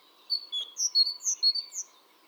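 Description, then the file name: Great tit calls: a quick series of several short, bright, high chirps, with a faint steady hum beneath. "Parus major"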